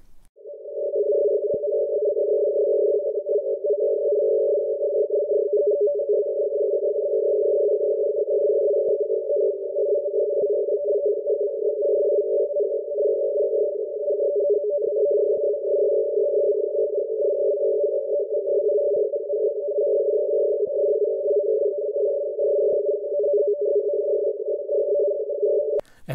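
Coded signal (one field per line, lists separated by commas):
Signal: NAVTEX (SITOR-B)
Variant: SITOR-B, 100 baud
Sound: steady fast warbling chirp between two close tones, unbroken for about 26 seconds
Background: radio static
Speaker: next up is a nav text example [Music] [Music] [Music] as you can see that's providing Maritime information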